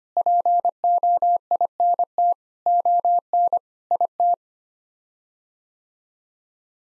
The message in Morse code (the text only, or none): POINT ON IT